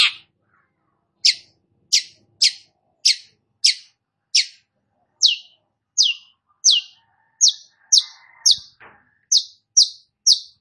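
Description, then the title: Long-tailed shrike song: crisp high downslurred notes repeated in a steady series, with a faint click and soft lower sounds midway. Described as gacor, singing actively. "Cendet Gacor"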